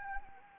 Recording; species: mosquito wingbeat signal from an infrared sensor; Anopheles arabiensis